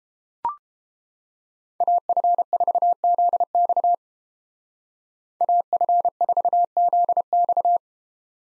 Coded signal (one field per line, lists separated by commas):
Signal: Morse code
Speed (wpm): 28 wpm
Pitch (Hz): 700 Hz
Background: none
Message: AF4ZX AF4ZX